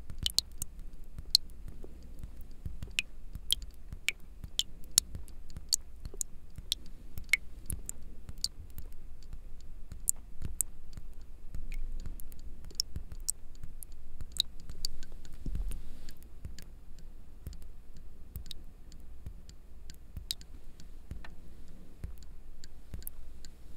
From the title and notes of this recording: Sonidos muy relajantes de gotas cayendo, pulverizadores de agua y más. ASMR Every liquid.